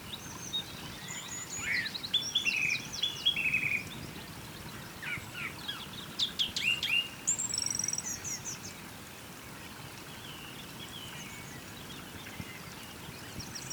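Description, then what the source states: Birds singing scattered high chirps and short trills, fading later into a steady low rushing noise. Birds singing beside a small river.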